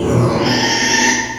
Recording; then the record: squeal of a Yucatan mini pig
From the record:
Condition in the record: before surgery on the right vocal fold (resection and tissue-engineered implant); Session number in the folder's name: 2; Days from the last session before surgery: 0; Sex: male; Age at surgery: 12 weeks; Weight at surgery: 13 kg